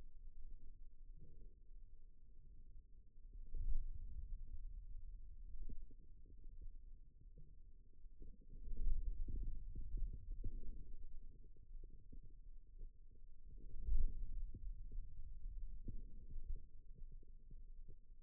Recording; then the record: forearm muscle sounds (acoustic myography)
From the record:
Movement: radial deviation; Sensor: system 2, bracelet of six BSWA MPA416 microphones around the upper forearm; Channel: 1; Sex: male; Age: 22 years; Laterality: right